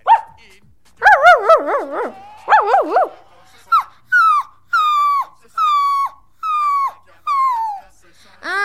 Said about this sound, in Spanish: Los invitamos a escuchen aquí al, se podrá decir, al perrito Pipo que nos acompaña. ¡Hola, Pipo!